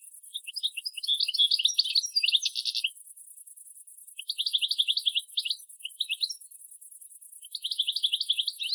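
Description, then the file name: European goldfinch twittering calls in several bursts of rapid, tinkling chirps separated by short pauses. "Carduelis carduelis"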